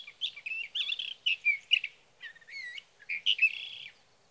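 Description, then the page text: Sage thrasher song of varied, slurred warbles and whistles delivered in short bursts with brief gaps. Singing male at his night roost through three nights, evening June 12 to morning June 15, 2018, Sierra Valley, California; night songs recorded with a Swift recorder. "61. Sage thrasher songs, through the night. from the evening of June 12 to the morning of June 15, 2018, in Sierra Valley, California"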